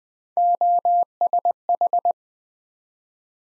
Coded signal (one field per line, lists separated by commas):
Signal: Morse code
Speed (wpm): 23 wpm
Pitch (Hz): 700 Hz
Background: none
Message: OSH